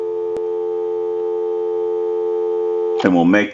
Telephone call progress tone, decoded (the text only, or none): dial tone